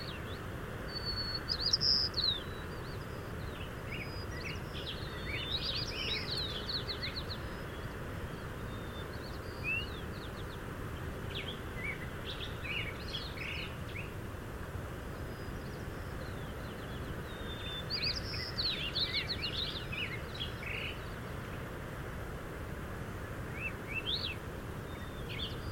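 An outdoor coastal soundscape with a steady low rumble, like surf or wind, running throughout. Bird chirps and short trilling calls come through at intervals, clustered near the start, around six seconds, and again near eighteen to twenty-five seconds.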